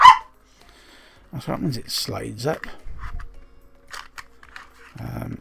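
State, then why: Not seated. A vape atomizer tank is being slid up onto a vape mod body while someone talks, with faint handling ticks and rustles in between. The tank has not clicked into place yet and nothing has seated by the end of the clip.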